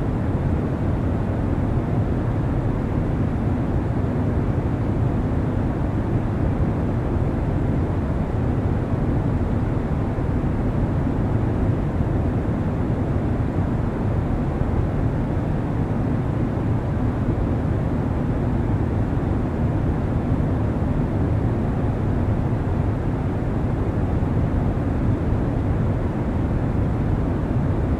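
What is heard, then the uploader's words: A steady, deep roar fills the inside of a private jet in flight at night, dense and unchanging from start to finish. The sound sits mostly low, a constant rumbling hum with a soft hiss above it and no separate events. Airplane White Noise to Sleep. Private Jet Night Flight.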